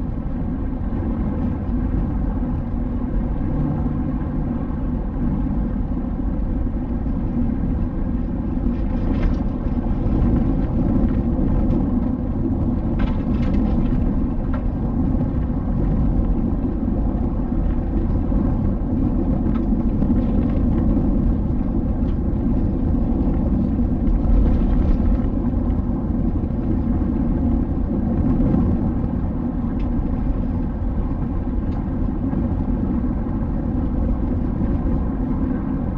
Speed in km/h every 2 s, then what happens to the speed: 85, 85, 83, 83, 80, 78, 80, 82, 81, 78, 80, 82, 83, 84, 86, 85, 86, 85.
0-9 slows to 78. 9-36 steady at about 82.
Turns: none.